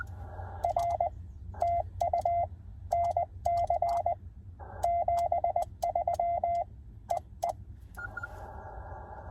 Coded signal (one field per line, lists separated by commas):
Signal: Morse code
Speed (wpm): 20 wpm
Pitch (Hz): 690 Hz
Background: radio noise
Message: R TU NC 73 EE